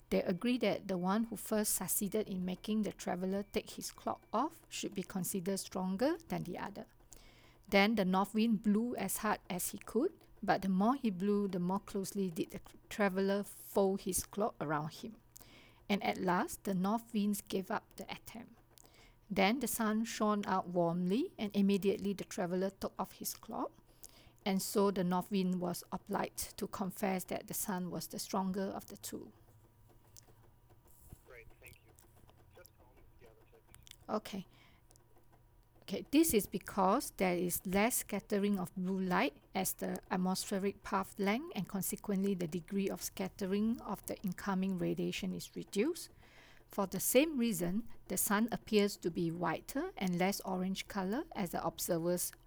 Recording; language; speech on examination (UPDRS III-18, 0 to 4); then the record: text read into a phone; English; 0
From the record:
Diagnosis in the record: healthy control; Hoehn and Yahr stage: 0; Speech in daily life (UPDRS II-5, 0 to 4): 0